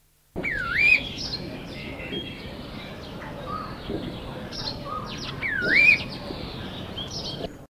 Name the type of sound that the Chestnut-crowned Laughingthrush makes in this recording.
song